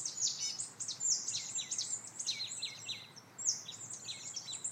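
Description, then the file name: Marsh tit calls: sharp high chirps and falling notes delivered in uneven bursts, steady light background hiss. "Poecile palustris"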